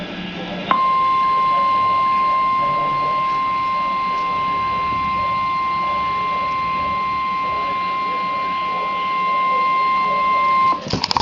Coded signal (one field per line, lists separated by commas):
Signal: Emergency Alert System (SAME) tones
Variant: 1050 Hz attention tone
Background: speech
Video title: EAS Alert #39 - Severe Thunderstorm Warning #8 5/30/13